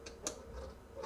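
A plastic dovetail clip holding the body panels of a metallic-colored Transformers MS fire truck/crane toy is pried apart, with the panels opening left and right. Two short clicks sound at 0.1 s and 0.3 s, and the clip comes free, unclipping the panels.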